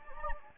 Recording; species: mosquito wingbeat signal from an infrared sensor; Anopheles gambiae